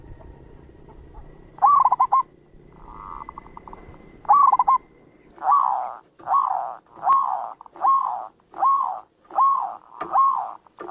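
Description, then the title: Zebra dove cooing song: two short stuttered bursts, then a steady run of rounded, rolling coos a little faster than once a second. Training recording for caged zebra doves to learn from. "Suara Perkutut Masteran"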